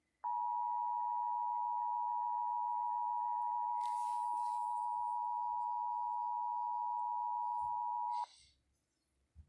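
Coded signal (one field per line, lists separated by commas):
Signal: Emergency Alert System (SAME) tones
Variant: 853 and 960 Hz attention tone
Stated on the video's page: Louisiana Required Monthly Test for November, received through an online radio stream.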